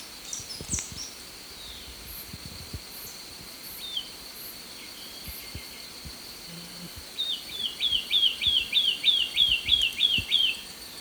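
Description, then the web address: Olivaceous greenlet song: fast, regular run of high chirped notes in the second half, after scattered faint calls, with a constant high insect drone. Recorded in Ecuador. "Birds of Ecuador. Olivaceous Greenlet"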